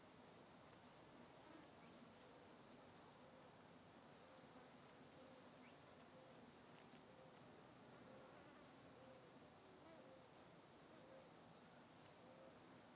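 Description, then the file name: Crickets calling with a continuous high, regularly pulsed trill over a constant hiss, joined now and then by faint clicks and brief lower chirps. Insects in a deforested area. "Ambiente area desmatada insetos grilos"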